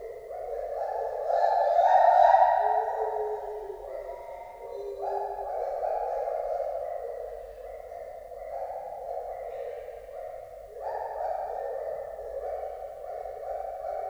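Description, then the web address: White-handed gibbon calling, a series of long echoing notes that step up and down in pitch, repeating throughout. Captive animal at a zoo in Debrecen, Hungary; 2012; recorded with echo, on a Marantz recorder. "allathangok debrecenizoo 2012. feherkezugibbon"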